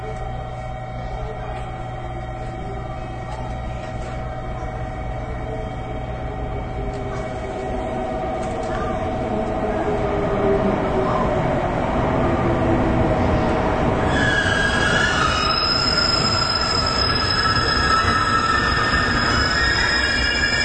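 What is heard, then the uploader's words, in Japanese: A Series 813 electric train on a Nippō Line local service runs along with a steady motor hum and rumble that grows louder after about ten seconds. Bright whining tones rise and shift as it speeds up, with high squeals appearing near fifteen seconds. JR九州 813系 中津から西小倉まで。813系電車の走行音。日豊線の普通列車で収録しました。ワンマン運行です。It was recorded with Nippou line's local train。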